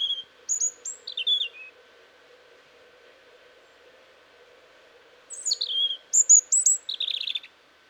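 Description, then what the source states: European robin song in two separated phrases of thin, high, sliding and descending whistles, with a faint low hum in the background. Autumn song; the bird starts singing again at this season with the arrival of northern migrants.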